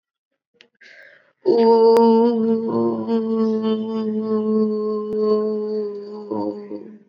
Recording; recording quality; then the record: sustained vowel as in boot; excellent, no background noise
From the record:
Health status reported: COVID-19 positive, mild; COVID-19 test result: positive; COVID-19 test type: RT-PCR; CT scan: not taken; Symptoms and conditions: cough, cold, sore throat, muscle pain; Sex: female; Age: 26 years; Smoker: yes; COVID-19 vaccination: both doses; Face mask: not worn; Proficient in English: yes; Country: India